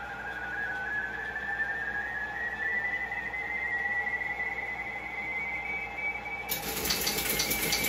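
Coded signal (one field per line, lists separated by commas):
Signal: RTTY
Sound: warbling two-tone chirping near 2 kHz sliding up in pitch, then mechanical clatter joins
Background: teleprinter clatter, radio hiss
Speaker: this is a really roundup contest that's going on so you've got plenty ready to work with for once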